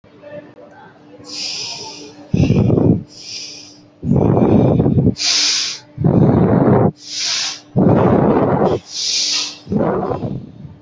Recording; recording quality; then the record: deep breathing; excellent, no background noise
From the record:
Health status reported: healthy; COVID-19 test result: negative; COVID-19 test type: RT-PCR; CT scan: not taken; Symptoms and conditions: none ticked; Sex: female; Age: 19 years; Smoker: no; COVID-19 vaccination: both doses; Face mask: worn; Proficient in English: yes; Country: India